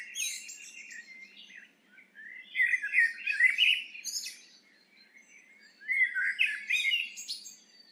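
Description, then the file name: Eurasian blackbird song in three phrases separated by short pauses, fluty warbling notes mixed with scratchy, high-pitched twittering. "Turdus merula"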